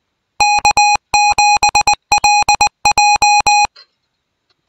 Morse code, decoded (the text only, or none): K7LJ